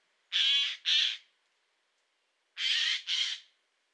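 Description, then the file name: Eurasian jay uttering two paired bursts of grating, noisy screeches separated by about a second of silence. "Garrulus glandarius"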